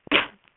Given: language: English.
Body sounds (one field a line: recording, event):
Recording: throat vibration sensor signal played as sound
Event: cough